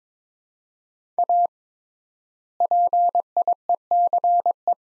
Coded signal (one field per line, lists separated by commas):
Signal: Morse code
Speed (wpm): 22 wpm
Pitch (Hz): 700 Hz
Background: none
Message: A PIECE